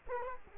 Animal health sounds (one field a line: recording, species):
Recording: mosquito wingbeat signal from an infrared sensor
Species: Culex quinquefasciatus